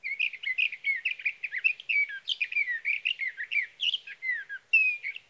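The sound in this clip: Sage thrasher song, continuous fast warbling with tumbling chirps and downslurred notes, ending in a short whistled note after a brief pause.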